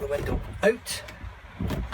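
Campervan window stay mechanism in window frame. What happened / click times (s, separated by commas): Handled, not yet home: window stay has not clicked yet / none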